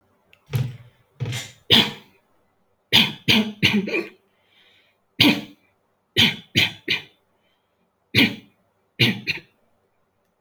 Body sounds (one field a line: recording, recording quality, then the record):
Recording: heavy voluntary cough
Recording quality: excellent, no background noise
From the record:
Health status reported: healthy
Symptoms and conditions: hypertension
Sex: male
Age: 23 years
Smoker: no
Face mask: not worn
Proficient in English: no